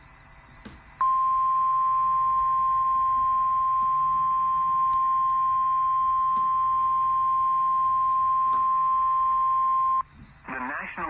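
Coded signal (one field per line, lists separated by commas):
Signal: Emergency Alert System (SAME) tones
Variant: 1050 Hz attention tone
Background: speech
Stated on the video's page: Tornado warning EAS alert captured by screen recording with microphone on, so a little background noise.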